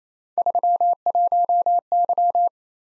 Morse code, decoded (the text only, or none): 31Y